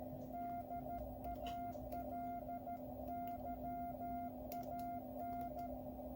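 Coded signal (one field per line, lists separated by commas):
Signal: Morse code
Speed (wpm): 13 wpm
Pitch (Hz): 700 Hz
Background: none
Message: DALYAN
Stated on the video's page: Morse from a QCX+ 5W QRP CW transceiver kit.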